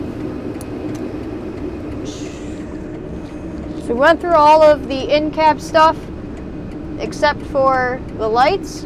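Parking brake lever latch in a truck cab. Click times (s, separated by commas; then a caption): 0.6 s. In a truck cab, the button on the parking brake lever is pressed and the lever is pulled up slightly until its latch gives a short, sharp click at 0.6 s, then let back down to disengage the brake. A steady low drone runs throughout, and from about 3.9 s someone talks. The parking brake is released.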